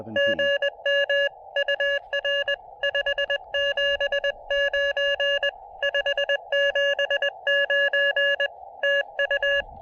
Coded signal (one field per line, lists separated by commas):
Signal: Morse code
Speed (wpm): 20 wpm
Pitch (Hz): 590 Hz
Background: none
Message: GM UR 579 579 TU